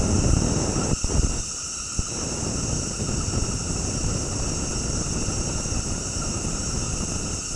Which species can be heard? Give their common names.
none